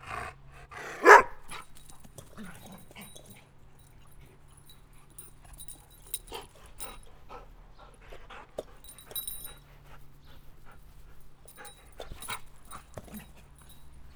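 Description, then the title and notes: Dog gives one loud bark early on, followed by quiet snuffles and light taps over a low hum. Domestic dog playing with its favourite ball during idle moments in summer. "Perro Jugando. Momentos muertos en verano para jugar con el perro y su pelota preferida"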